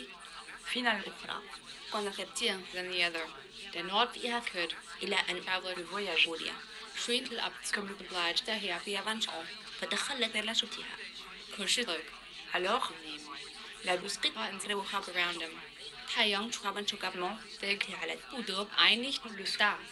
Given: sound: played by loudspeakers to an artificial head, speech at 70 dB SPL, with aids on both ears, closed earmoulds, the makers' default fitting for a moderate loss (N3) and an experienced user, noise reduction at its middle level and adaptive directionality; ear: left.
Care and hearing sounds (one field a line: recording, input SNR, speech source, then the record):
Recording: speech test signal (ISTS) in cocktail-party noise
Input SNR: +6 dB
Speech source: in front (0 degrees)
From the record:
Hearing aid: class 1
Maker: E